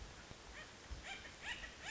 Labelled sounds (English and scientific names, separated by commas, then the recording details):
Acorn Woodpecker (Melanerpes formicivorus)
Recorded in Sonoma County, California